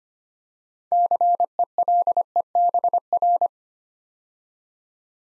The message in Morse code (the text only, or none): CELEBR